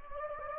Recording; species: mosquito wingbeat signal from an infrared sensor; Anopheles gambiae